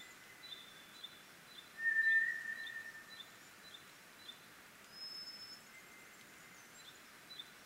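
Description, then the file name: White's thrush: a lone long, flat whistle from a White's thrush, followed by quieter tones, amid light chirping of other birds. Recorded 24 April 2010 at 04:32. "toratugumi - 20100424-0432"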